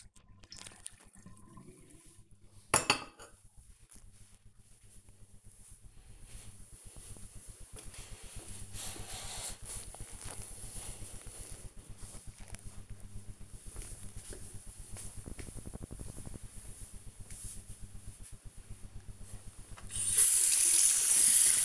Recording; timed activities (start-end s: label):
household activities, microphone on the right wrist
19.09-21.65 s: washing hands